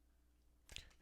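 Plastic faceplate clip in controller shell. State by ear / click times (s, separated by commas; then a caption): released / 0.8 s. A pry tool works along the edge of the plastic faceplate on an Xbox Elite Series 2 controller, prying at the plastic retaining clips in the controller shell. Against a low steady hum, a soft scrape at 0.7 s leads into one sharp little click at 0.8 s. The clip pops open and is released from the faceplate.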